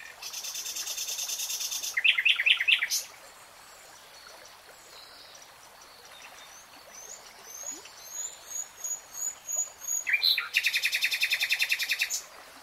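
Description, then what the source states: Nightingale singing buzzy rattling phrases and a fast stutter, a quiet pause with faint high notes, then another dry rattling burst. Nightingale singing in real time.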